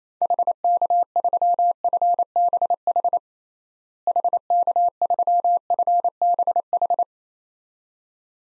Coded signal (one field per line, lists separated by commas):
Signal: Morse code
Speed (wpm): 28 wpm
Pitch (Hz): 700 Hz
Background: none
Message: HK3FBH HK3FBH